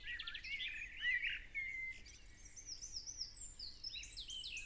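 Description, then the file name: Common blackbird song over steady background hiss: a short fluty warble, then a string of thin, high squeaky twitter notes. "Turdus merula"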